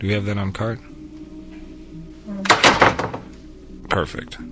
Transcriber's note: sound of hollow door closing